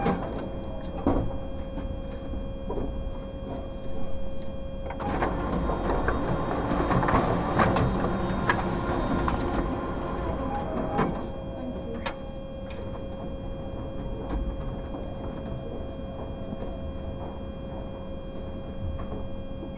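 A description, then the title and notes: Recorded close up inside a photocopier tray: a steady mid-pitched whine and low mechanical hum run throughout. From about five to nine seconds a loud whirring rush swells as the machine runs a copy, with scattered clicks and knocks before and after. Sounds of UCL: Inside the tray of the Library photocopier. Stereo recording of the inside of the Main Library photocopier. I placed my recording device inside the second tray, while using the photocopier. Recordist: Daniel Kordik.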